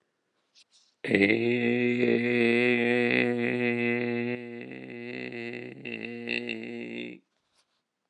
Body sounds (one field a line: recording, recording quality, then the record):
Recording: sustained vowel as in made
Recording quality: excellent, no background noise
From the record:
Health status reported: exposed to COVID-19, no respiratory illness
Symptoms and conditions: none ticked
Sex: male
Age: 53 years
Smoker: not ticked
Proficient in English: yes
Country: United States